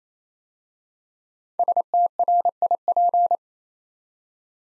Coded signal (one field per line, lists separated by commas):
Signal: Morse code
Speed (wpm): 27 wpm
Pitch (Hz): 700 Hz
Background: none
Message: STRIP